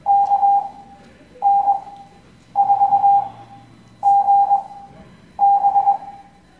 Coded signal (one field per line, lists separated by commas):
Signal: Morse code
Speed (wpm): 21 wpm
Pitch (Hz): 800 Hz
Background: none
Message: KN4GB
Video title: Morse Code Class 06